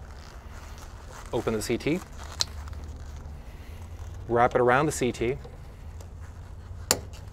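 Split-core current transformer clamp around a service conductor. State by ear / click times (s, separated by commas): seated / 6.9 s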